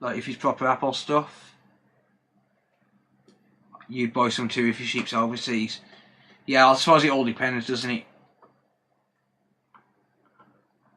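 Someone talks while driving a small screw into the housing of an electronic device with a screwdriver. The driver slips in the screw head with sharp ticks at 9.8 s and 10.3 s. The screw head is stripped.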